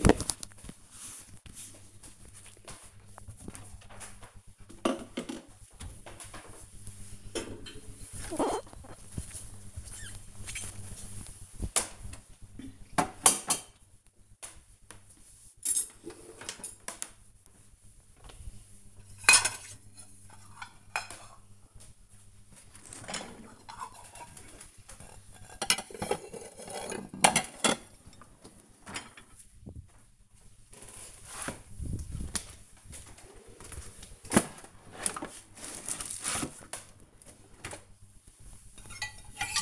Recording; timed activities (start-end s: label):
household activities, microphone on the right wrist
0.00-39.62 s: cleaning out the dishwasher